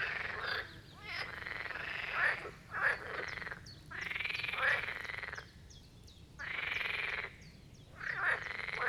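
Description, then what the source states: Marsh frog chorus of rattling, pulsed croaks with short quiet pauses between calls. Chorus of marsh frogs at the Birkensee in Schönbuch, Germany, recorded on one of the first hot summer days of 2023.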